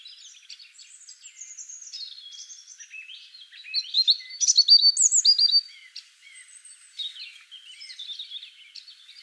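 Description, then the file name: European robin song, a continuous tumbling flow of high warbles and trills, swelling into a loud liquid phrase midway before softening again. "Erithacus rubecula"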